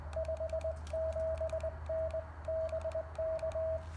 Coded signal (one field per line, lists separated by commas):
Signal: Morse code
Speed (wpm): 18 wpm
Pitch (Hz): 640 Hz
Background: radio noise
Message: 57N BK